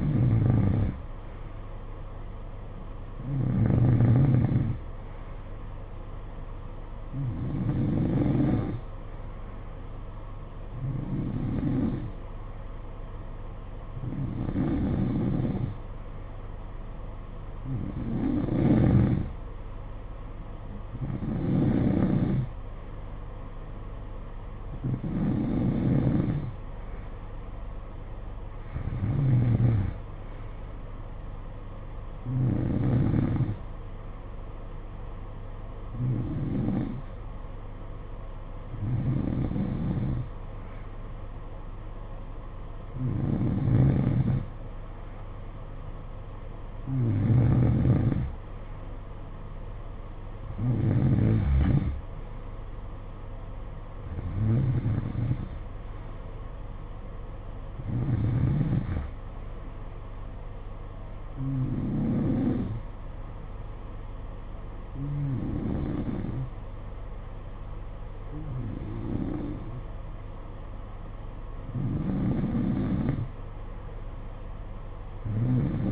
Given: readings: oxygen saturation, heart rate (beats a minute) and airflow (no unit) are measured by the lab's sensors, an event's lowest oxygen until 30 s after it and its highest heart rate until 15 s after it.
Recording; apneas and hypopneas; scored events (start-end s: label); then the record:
breathing in sleep by a smartphone at the bedside; none
34.00-75.92 s: new sleep stage, N3 (deep sleep)
From the record:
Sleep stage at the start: N2 (light sleep); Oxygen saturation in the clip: 91 to 92%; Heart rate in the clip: 54 to 62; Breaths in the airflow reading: 21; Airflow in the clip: -9.7 to 6.9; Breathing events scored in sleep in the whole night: 476 in 9.7 hours asleep